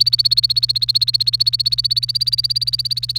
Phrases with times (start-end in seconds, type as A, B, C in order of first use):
0.00-3.18 A